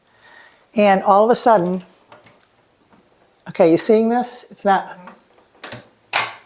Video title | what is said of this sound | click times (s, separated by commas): Investigation at the May-Stringer House with FBPI March 2026 | Hear the click. | 6.1 s